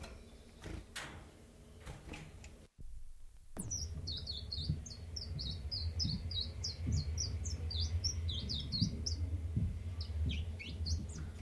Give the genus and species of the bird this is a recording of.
Phylloscopus collybita